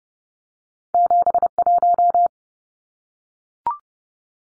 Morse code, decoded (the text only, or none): 71